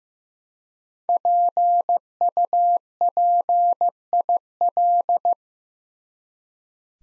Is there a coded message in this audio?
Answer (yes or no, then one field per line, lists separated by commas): yes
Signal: Morse code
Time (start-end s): 1.1-5.3 s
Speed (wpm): 15 wpm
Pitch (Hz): 700 Hz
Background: none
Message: PUPIL